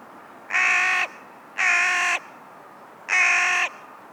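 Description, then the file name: Carrion crow giving three rasping caws, each roughly half a second long, spaced over about four seconds against a low background hiss. "Corvus corone"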